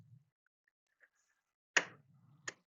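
On a Bernina L890 serger, a metal presser foot is pressed onto the foot holder on a second try and snaps into place with a sharp, bright click at 1.8 s. A faint tick comes at 1.0 s and a second, softer click at 2.5 s, over a low hum. The presser foot is now seated and attached.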